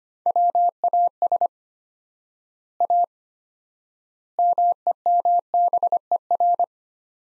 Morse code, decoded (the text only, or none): WAS A MEMBER